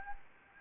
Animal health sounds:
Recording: mosquito wingbeat signal from an infrared sensor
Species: Anopheles gambiae

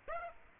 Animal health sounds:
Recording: mosquito wingbeat signal from an infrared sensor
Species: Aedes aegypti

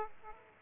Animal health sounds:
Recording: mosquito wingbeat signal from an infrared sensor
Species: Aedes aegypti

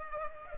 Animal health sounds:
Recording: mosquito wingbeat signal from an infrared sensor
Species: Culex pipiens

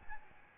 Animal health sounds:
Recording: mosquito wingbeat signal from an infrared sensor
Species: Aedes albopictus

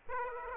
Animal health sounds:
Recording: mosquito wingbeat signal from an infrared sensor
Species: Aedes aegypti

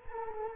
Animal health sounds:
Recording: mosquito wingbeat signal from an infrared sensor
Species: Culex quinquefasciatus

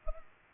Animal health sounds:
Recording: mosquito wingbeat signal from an infrared sensor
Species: Culex pipiens

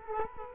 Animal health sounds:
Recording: mosquito wingbeat signal from an infrared sensor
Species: Culex quinquefasciatus

